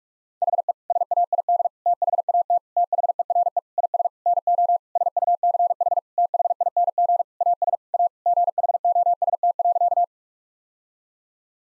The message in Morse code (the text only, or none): HE SAID THAT THERE IS NO SUCH THING AS A GHOST.